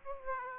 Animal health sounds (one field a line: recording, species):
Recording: mosquito wingbeat signal from an infrared sensor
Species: Aedes aegypti